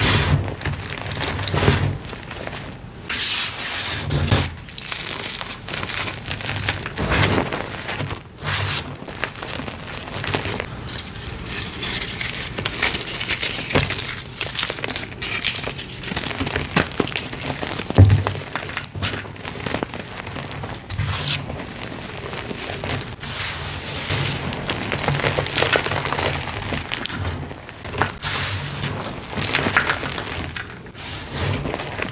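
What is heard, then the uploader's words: Continuous crunching and crumbling of chalk being crushed, with soft gritty crackles and brief sharper snaps recurring throughout. Deep Blue Cracked Slabs + Fresh Chalk. Loud, soft crunchy asmr oddly satisfying gym chalk crushing sounds.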